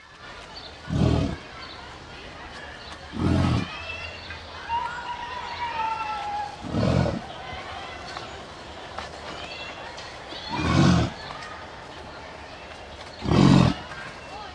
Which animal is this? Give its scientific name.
Bison bison